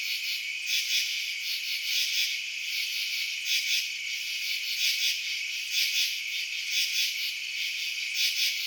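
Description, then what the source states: Crickets chirping in a continuous high shimmering chorus that swells and fades repeatedly. Crickets recorded at night in residential suburbs.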